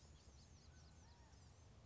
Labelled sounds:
Mountain Quail (Oreortyx pictus)
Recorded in Sonoma County, California

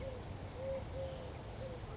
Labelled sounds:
California Towhee (Melozone crissalis)
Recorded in Sonoma County, California

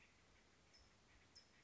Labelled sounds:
California Towhee (Melozone crissalis)
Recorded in Sonoma County, California

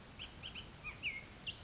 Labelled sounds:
Bullock's Oriole (Icterus bullockii)
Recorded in Sonoma County, California

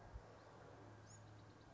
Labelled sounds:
Bewick's Wren (Thryomanes bewickii)
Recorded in Sonoma County, California

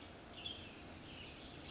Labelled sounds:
Western Tanager (Piranga ludoviciana)
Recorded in Sonoma County, California

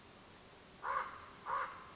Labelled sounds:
Common Raven (Corvus corax)
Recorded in Sonoma County, California

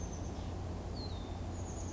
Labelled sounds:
Chestnut-backed Chickadee (Poecile rufescens)
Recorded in Sonoma County, California

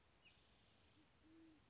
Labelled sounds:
Band-tailed Pigeon (Patagioenas fasciata)
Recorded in Sonoma County, California

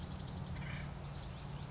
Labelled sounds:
Acorn Woodpecker (Melanerpes formicivorus)
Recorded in Sonoma County, California

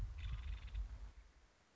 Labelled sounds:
Nuttall's Woodpecker (Dryobates nuttallii)
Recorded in Sonoma County, California

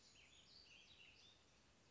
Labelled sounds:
Western Flycatcher (Empidonax difficilis)
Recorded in Sonoma County, California

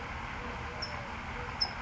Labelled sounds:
California Towhee (Melozone crissalis)
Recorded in Sonoma County, California

